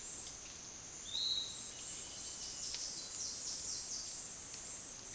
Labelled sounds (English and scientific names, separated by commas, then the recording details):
Piratic Flycatcher (Legatus leucophaius), Bananaquit (Coereba flaveola)
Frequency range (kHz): Piratic Flycatcher (Legatus leucophaius) 3.1-4.6 kHz; Bananaquit (Coereba flaveola) 3.8-8.4 kHz
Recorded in dense forest near Puerto Asís, Putumayo, Colombia, on 21 February 2024 at 10:00
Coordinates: 0.466, -76.327
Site G6413